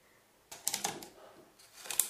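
Dry, crackly rustling of fingers scratching at the leaves of a leaf wall to call someone, coming in two short scratchy bursts separated by a brief lull, with no voices.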